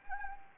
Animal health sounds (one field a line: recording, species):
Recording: mosquito wingbeat signal from an infrared sensor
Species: Anopheles gambiae